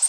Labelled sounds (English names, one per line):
Orange-crowned Warbler flight call